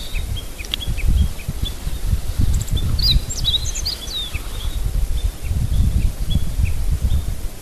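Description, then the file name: Meadow bunting: high, quick twittering notes sound through strong low rumbling noise, with scattered faint chirps around them. Recorded 26 May 2008. "hutte 080526 hojiro"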